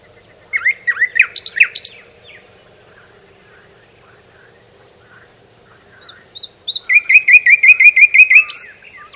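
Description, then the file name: Common nightingale singing a short varied phrase, a pause, then a fast series of repeated chattering notes followed by a sharp rising note. "Luscinia megarhynchos"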